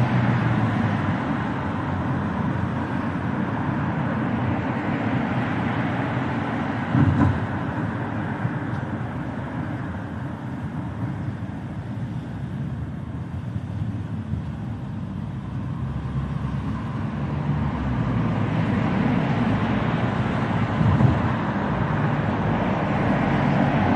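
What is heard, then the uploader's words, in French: Gentle city traffic in the evening, a steady low rumble of passing vehicles that swells and eases. The sound is dense and continuous, strongest around the start and after twenty seconds, with brief sharp knocks near seven and twenty-one seconds. Circulation douce en ville le soir.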